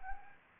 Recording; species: mosquito wingbeat signal from an infrared sensor; Anopheles arabiensis